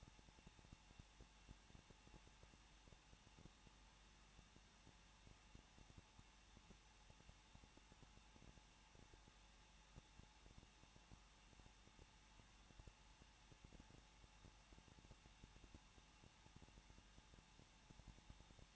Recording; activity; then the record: daily activity, microphone in the room; no activity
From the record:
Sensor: 1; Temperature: 20.1 degrees Celsius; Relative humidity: 39.0%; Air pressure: 1006.5 hPa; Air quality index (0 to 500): 216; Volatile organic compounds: 71 ppm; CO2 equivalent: 3532 ppm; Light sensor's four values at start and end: 1/2/1/1 and 1/2/1/1